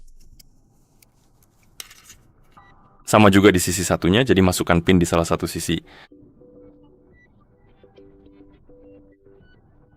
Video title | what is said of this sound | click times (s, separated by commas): AMAZFIT Active Max - Cara Mengganti Tali Jam | Dan nanti akan terdengar bunyi klik dan setelah itu akan terpasang dengan cukup sederhana. | 1.8 s